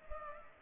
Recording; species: mosquito wingbeat signal from an infrared sensor; Culex pipiens